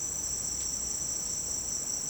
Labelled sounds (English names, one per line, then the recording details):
none
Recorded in secondary vegetation near Puerto Asís, Putumayo, Colombia, on 22 June 2025 at 09:30
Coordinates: 0.484, -76.319
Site G074